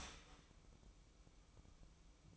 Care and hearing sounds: daily activity, microphone in the room; start toaster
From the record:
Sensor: 1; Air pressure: 1007.1 hPa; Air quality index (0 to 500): 72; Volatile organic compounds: 1 ppm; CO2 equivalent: 650 ppm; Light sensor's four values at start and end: 9/22/9/10 and 9/22/9/10

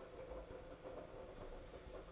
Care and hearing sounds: daily activity, microphone in the room; make coffee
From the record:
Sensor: 5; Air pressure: 1009.5 hPa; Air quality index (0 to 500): 169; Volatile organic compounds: 4 ppm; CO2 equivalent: 1637 ppm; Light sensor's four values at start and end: 94/248/101/107 and 94/248/101/107

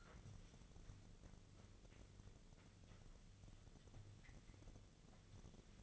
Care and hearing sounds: daily activity, microphone in the room; wipe stove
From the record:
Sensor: 4

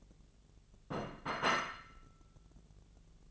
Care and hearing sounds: daily activity, microphone in the room; place plate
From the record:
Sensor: 4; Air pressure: 1001.0 hPa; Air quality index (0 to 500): 145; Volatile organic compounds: 2 ppm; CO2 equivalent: 1072 ppm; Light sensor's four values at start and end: 25/61/25/27 and 25/61/25/26

